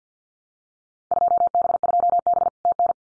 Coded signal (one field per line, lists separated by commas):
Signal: Morse code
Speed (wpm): 50 wpm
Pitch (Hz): 700 Hz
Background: none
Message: 2B2B TN